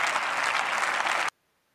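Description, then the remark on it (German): Members of the AfD party clap in the German Bundestag. The steady, dense clapping fills the first second and a quarter at an even level, then cuts off abruptly into silence. “Und dass die AfD bei diesem Satz klatscht, meine Damen und Herren, das zeigt die Fratze, die diese Partei Notstand, hier in diesem Deutschen Bundestag hat.”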